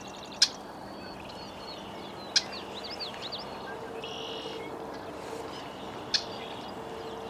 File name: Red-winged Blackbird - Agelaius phoeniceus